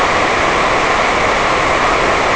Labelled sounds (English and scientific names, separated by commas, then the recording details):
none
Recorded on Arctic tundra, site NAIT-1, on 28 June 2018
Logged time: 11:00